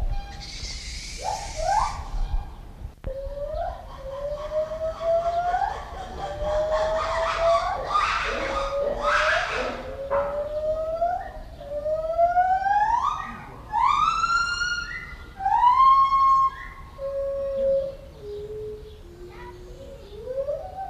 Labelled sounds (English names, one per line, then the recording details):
Lar Gibbon
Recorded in captivity
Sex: pair
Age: adult
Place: Zoo Berlin, Berlin, DE
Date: 1994-06-11 10:14
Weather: heiter, 12-17°C
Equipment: Marantz CP 430, Sennheiser ME 80, Kopie Uher Variocord 263
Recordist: Tembrock, Günter